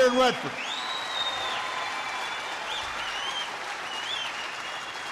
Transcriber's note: applause